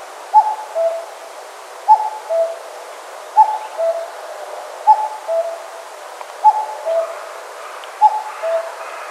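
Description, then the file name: Common cuckoo calling a clear two-note cu-coo, the first note higher, repeated about every one and a half seconds, six calls in all, over faint steady background hiss. "Cuculus canorus"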